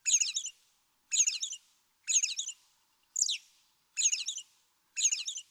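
American robin song of six near-identical bright, chirpy phrases at regular one-second intervals; one phrase midway has a sharper downslurred shape.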